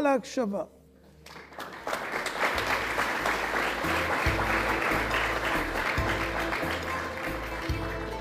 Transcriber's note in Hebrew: מחיאות כפיים